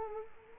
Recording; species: mosquito wingbeat signal from an infrared sensor; Culex quinquefasciatus